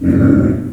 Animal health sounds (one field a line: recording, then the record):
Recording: squeal of a Yucatan mini pig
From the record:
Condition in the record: after surgery on the right vocal fold (resection and tissue-engineered implant)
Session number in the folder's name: 6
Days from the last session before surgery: 40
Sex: female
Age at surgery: 19 weeks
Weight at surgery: 25 kg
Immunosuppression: prednisolone